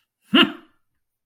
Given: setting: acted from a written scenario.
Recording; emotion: vocal sound without words; pride